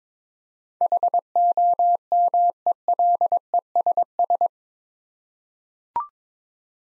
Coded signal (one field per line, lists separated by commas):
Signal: Morse code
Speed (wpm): 21 wpm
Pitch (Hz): 700 Hz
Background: none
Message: HOMELESS